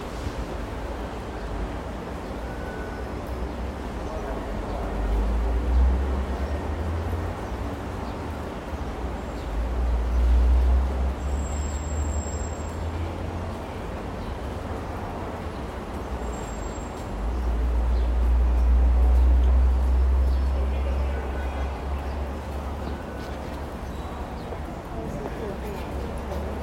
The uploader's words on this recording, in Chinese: 台北捷運淡水線。安靜且冷漠的捷運車廂裡。捷運冷氣嗡嗡聲超大聲。